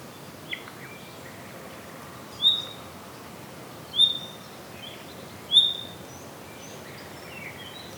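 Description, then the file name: Common nightingale giving a thin, high whistled note three times, roughly every one and a half seconds, over steady background hiss with faint other bird notes. "Luscinia megarhynchos"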